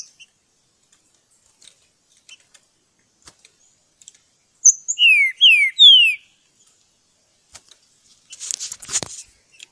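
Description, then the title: Green-winged Saltator song of three rich descending whistles after a brief high note, with faint ticks before and a short broad rushing noise burst afterward. Song used to train and warm up the bird, recorded in the bush. "Canto De Trinca Ferro Voz 08. Esquentar Trinca Ferro - Treino no mato!"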